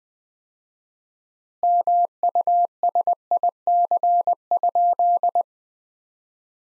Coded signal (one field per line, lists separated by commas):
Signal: Morse code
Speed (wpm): 21 wpm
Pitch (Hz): 700 Hz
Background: none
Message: MUSIC?